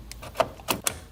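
A RAM memory module is pressed down into a motherboard DIMM slot. A few short taps at about 0.1, 0.4 and 0.7 seconds are followed by the loudest sharp click at 0.9 seconds, as the retention latch snaps shut and the module is seated.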